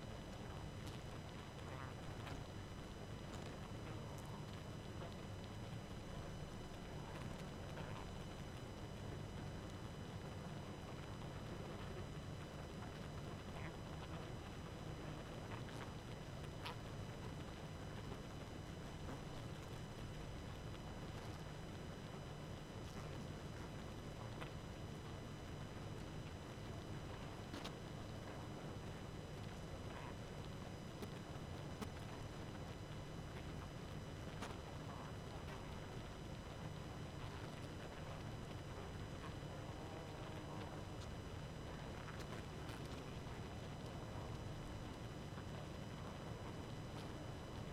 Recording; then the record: honeybee colony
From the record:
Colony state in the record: active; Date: 12 June 2018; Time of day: 23:14